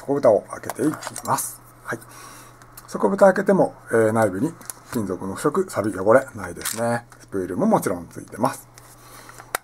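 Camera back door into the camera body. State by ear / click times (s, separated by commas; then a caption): seated / 9.6 s. Someone talks while the removable back door of a 1955 Leica M3 DS double-stroke rangefinder film camera (mid-early type, 840,000 serial range, overhauled by Hayata Camera Lab) is closed back into the camera body. Two faint ticks at 9.3 s and 9.4 s lead into a sharp metallic click at 9.6 s as the door snaps shut and seats in place.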